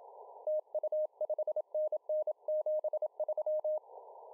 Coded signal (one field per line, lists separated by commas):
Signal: Morse code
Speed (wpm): 27 wpm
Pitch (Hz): 620 Hz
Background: none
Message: TU 5NN 73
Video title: ZF9CW on 40m CW 2017-11-24 23:18z